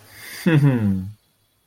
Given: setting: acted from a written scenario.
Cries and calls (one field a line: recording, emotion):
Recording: vocal sound without words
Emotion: contentment